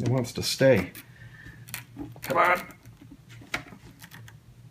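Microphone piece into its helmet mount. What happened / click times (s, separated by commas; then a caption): The mic piece clicked into its helmet mount / 3.5 s. Someone talks while struggling to get a microphone piece to stay on its mount on an open-face motorcycle helmet, with faint handling taps in between. At 3.5 s the piece is pushed on and gives a sharp click as it seats in place.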